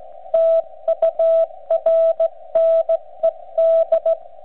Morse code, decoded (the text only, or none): TURNED